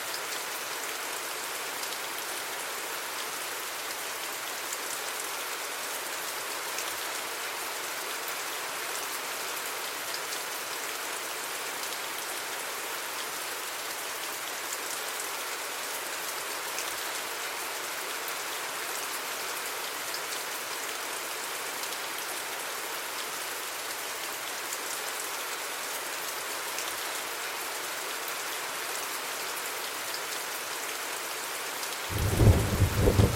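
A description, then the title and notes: Steady, dense rain hisses evenly for half a minute, bright, before a sudden low rumble of thunder rises at the very end. Relaxing Rain and Thunder Sounds.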